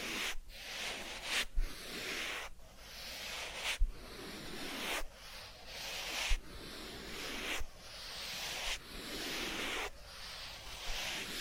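Massage sounds: soft rubbing and rustling strokes repeat in a steady rhythm, roughly one per second. Each stroke is a bright, airy swish. Brief taps and clicks mark many of the changes between strokes, and a faint low rumble sits underneath.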